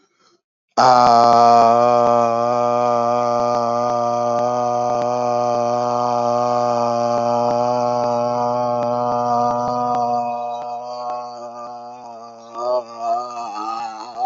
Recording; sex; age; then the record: vowel held as long as possible; male; 30 to 39 years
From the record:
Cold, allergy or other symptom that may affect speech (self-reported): no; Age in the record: 34 years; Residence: Colorado, United States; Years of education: 16